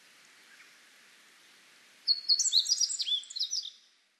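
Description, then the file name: Meadow bunting delivering a fast, high-pitched song phrase of chirps and slurred notes after two quiet seconds. Recorded 21 June 2006. "hojiro 060621 ichikai"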